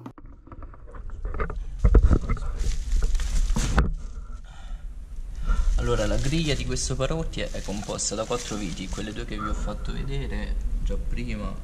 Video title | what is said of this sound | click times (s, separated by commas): Assemblaggio Paraurti Anteriore Alfa Romeo MiTo MY2016 Veloce [How to assemble front bumper] | quindi basta spingere bene su tutti i lati e sentire tutti i click dei calcetti | 1.5 s, 1.9 s, 3.8 s